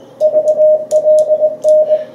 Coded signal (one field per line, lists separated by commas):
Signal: Morse code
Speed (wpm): 20 wpm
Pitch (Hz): 620 Hz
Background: radio noise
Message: VLN